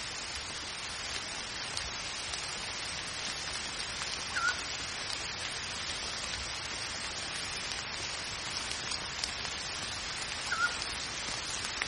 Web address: wavemill music Echoes of Nature - Rain With Pygmy Owl